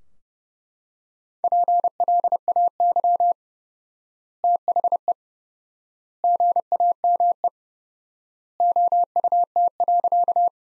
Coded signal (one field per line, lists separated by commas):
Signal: Morse code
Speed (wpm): 30 wpm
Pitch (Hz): 700 Hz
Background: none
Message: PLAY THE GAME OUT.